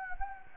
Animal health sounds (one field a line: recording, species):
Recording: mosquito wingbeat signal from an infrared sensor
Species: Anopheles gambiae